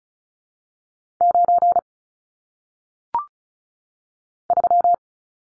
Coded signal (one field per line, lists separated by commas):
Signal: Morse code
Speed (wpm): 36 wpm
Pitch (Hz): 700 Hz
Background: none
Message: 9 3